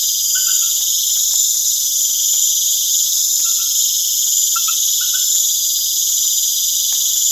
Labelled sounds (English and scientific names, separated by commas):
none